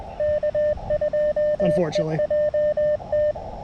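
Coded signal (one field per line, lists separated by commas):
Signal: Morse code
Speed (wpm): 21 wpm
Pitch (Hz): 590 Hz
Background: speech, radio noise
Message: K2EJT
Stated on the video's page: CW parks on the air activation on 20m with a KX2, first on an AX2 antenna with slow going, then on a different antenna.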